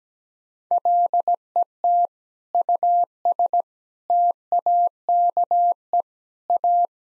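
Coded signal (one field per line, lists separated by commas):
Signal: Morse code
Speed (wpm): 17 wpm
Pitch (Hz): 700 Hz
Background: none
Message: LET US TAKE A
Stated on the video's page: Morse practice at 17 wpm: sentences with common eight-word phrases, first words spoken, then sent, spoken, and sent again.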